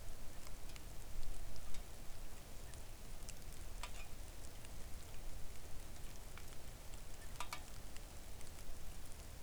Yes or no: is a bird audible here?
no